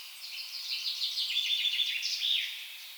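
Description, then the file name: Eurasian blackcap song: a short run of quick, tumbling warbled notes. "Sylvia atricapilla"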